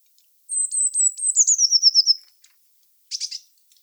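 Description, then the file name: Eurasian blue tit singing a high thin trill that slides gently downward, followed by a short buzzy burst. "Cyanistes caeruleus"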